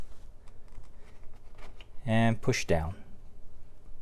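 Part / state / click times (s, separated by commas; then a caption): plastic tray into car center armrest / not seated / none. A new plastic center armrest tray for a BMW E39 is lined up and its lip slid under the armrest before it is pushed down. There are light rubbing and tapping sounds, with small ticks around 0.5 s, 0.7 s, 1.2 s and 1.8 s, then someone talks near 2.0–3.0 s. Nothing has seated or clicked yet.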